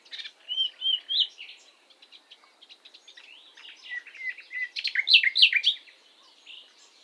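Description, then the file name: Common nightingale song opening with pure whistles, then soft ticking notes that build into a loud, fast run of sweeping chirps and trills. "Luscinia megarhynchos"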